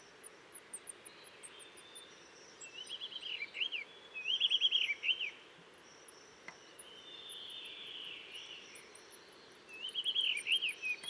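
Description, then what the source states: Blue rock thrush song: short warbled, fluty phrases in bursts a few seconds apart, over a steady run of thin, very high ticking notes and a soft background hiss. Territorial song at 7:25 on 12 March 2020 in the Dentelles de Montmirail cliffs; sings all morning, changing perches; Nagra Seven with Telinga Pro7.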